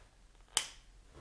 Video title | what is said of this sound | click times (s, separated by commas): Moonman V60 Fountain Pen Review | With a satisfying snap, | 0.6 s